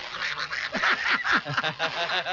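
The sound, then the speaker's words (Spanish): A person imitates the voice of Disney's Donald Duck, a raspy, garbled cartoon-duck voice, a rapid stream of squawky, buzzing syllables in a nasal, quacking tone lasting a couple of seconds. “Muy bien, a ver, otra vez habla como él.”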